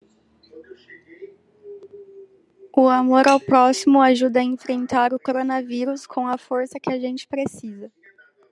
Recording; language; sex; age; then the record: spoken sentence; Brazilian Portuguese; female; 20 to 29 years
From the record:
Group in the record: control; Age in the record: 22 years